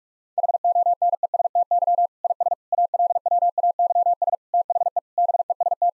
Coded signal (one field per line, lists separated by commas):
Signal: Morse code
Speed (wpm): 46 wpm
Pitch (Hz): 700 Hz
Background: none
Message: HONESTY IS ALWAYS THE BEST